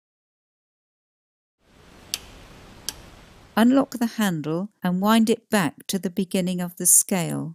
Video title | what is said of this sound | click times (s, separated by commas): Using a torque wrench | operate the ratchet until the wrench clicks indicating the setting has been reached | 2.1 s, 2.9 s